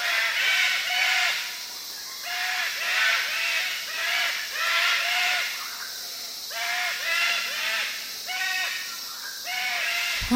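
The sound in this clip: Sulphur-crested cockatoo calls from a flock, bursts of overlapping arched, harsh notes coming in waves about every second or two, with short pauses between.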